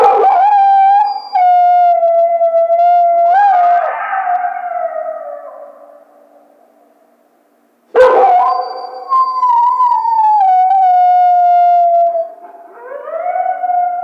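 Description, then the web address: Coyote gives two long, steady harmonic howls, each dropping gently in pitch and fading, separated by silence, with a second voice rising at the end. Recorded 1 February 2010. "Coyote 2010 02 01 11 howl"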